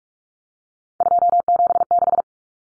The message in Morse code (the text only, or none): 276